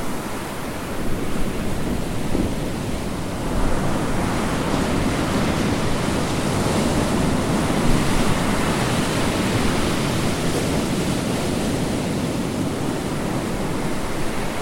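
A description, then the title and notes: Ocean waves make a steady, dense rush of surf, swelling slightly louder after about four seconds, with low rumble and faint wind. Ocean Waves - nature sounds. Relaxing ocean waves.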